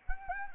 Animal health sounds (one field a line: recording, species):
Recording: mosquito wingbeat signal from an infrared sensor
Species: Anopheles arabiensis